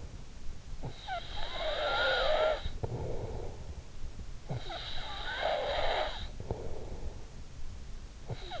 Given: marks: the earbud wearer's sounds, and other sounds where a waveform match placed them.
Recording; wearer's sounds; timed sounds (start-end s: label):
sounds in sleep by an in-ear microphone; snoring breath
0.00-3.83 s: snoring breath
4.00-8.60 s: snoring breath